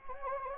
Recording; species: mosquito wingbeat signal from an infrared sensor; Anopheles gambiae